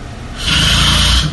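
One loud, rough, rattling snore on an in-breath from a sleeping adult man, after a brief steady room hum from a ceiling fan. He has had sleep apnea since birth and wears a mask to sleep. Captured by a phone sleep app on the nightstand.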